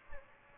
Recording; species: mosquito wingbeat signal from an infrared sensor; Aedes aegypti